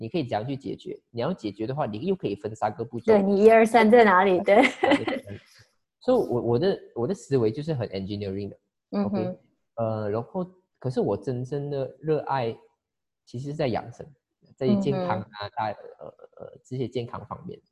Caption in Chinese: 我口吃的严重程度吧，大概是每讲四句话，就会口吃一次，应该不算是严重，属于中等。自打从我有记忆开始，我就是有口吃的人。